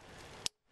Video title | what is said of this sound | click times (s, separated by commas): How to fit front light headlight guards to Land Rover Discovery 3 | When you put this back on, make sure it clicks. | 0.5 s